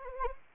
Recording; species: mosquito wingbeat signal from an infrared sensor; Anopheles arabiensis